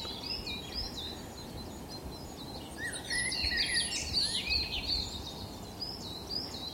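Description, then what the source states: Pied Flycatcher song: high, quick twittering phrases of sweet chirps and short trills over a soft outdoor background. Male singing near a natural nest hole in a glade in Britain; one of the more tuneful individuals; flits around the glade, then stops and sings.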